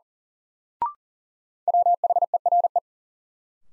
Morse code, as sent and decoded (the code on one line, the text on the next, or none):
.-- .... . .-. .
WHERE